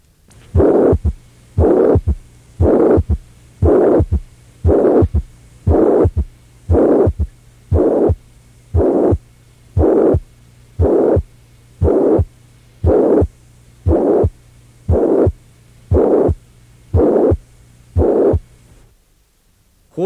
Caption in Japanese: 僧帽弁閉鎖不全の患者に聞かれる三音がどのようになるか聞いてください。 高調の収縮器雑音は聴診器を強く当てても何ら影響を受けません。 聴診器のベルを胸壁に強く押し付けると低音成分は変化し、比較的高調の成分は変化しません。